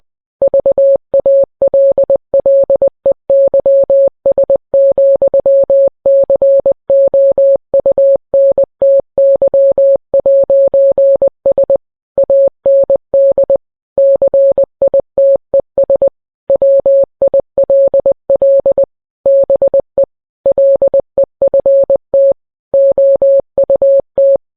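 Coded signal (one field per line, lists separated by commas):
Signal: Morse code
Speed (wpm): 20 wpm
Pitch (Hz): 550 Hz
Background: none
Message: VALLEYS,COUNTY'S AND CITES WILL BE LEFT OUT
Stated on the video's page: Fictional, not-real EAS tornado warning sent in Morse code.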